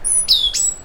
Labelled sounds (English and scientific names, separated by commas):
Stitchbird (Notiomystis cincta) song